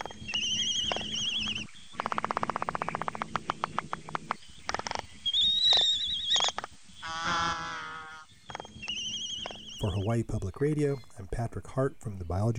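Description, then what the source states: Laysan albatross courtship sounds: wavering high whining calls, then rapid rattling bill clapping, then deep groaning calls. Courtship display calls, whining and groaning types plus bill clapping; best heard in fall when birds return to land to nest.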